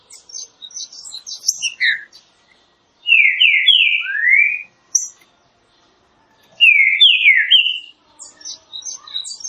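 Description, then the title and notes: Green-winged saltator whistling rich slurred phrases, while another bird chatters in high thin notes before and after. Classic song style (canto clássico) of the green-winged saltator, presented as a training recording. "Canto Clássico Trinca Ferro TREINAMENTO. trinca fero"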